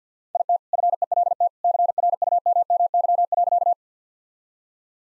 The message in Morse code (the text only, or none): IT FELT CRUMMY.